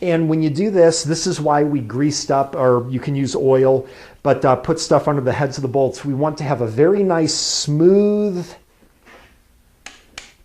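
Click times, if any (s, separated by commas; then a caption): 9.9 s, 10.2 s. A click-type torque wrench set to 25 ft-lb tightens head bolt number one on a cylinder head, with the bolt threads and the underside of the bolt head greased for a smooth turn. Someone talks for most of the clip, then after a quiet stretch the wrench gives sharp clicks at 9.9 s and 10.2 s. The wrench has clicked at its setting and the bolt is done.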